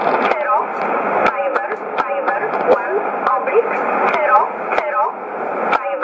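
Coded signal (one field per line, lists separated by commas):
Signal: numbers station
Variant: E11, English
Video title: 25 08 2015 Numbers Station E11 in English 1925 on 11581 USB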